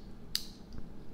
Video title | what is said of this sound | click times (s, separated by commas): Unboxing & Review Of A Zelos Cobalt Blue Great White Dive Watch | good solid click um | 0.4 s